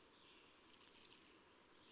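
Hermit thrush song, a single faint, high fluty phrase of quick warbled notes.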